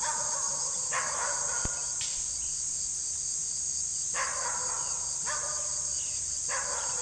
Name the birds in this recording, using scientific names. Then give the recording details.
none. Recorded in pastures near Puerto Asís, Putumayo, Colombia, on 20 February 2024 at 17:30. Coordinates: 0.468, -76.328. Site G6414